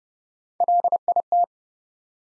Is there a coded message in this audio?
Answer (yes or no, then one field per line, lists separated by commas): yes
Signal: Morse code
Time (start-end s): 0.6-1.4 s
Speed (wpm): 28 wpm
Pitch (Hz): 700 Hz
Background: none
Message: LIT